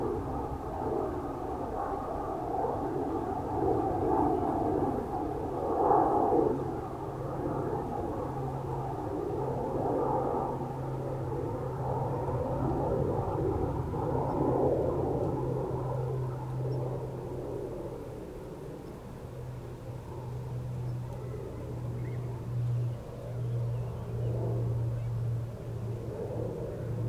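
Bees buzz in a steady, dense drone that holds for the whole stretch, with a low hum settling in from about eight seconds on. A gentle breeze rumbles underneath, and the level swells and eases slightly but never breaks.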